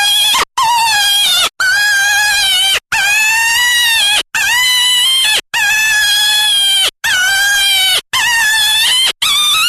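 Jackrabbit giving shrill, rich-toned distress screams, about nine drawn-out cries of roughly a second each with brief pauses between them.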